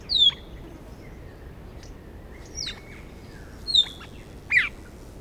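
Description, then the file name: Australasian figbird calls, short sharp downslurred notes repeated irregularly, a few fainter notes between, over a low background hiss. "Sphecotheres Vieilloti"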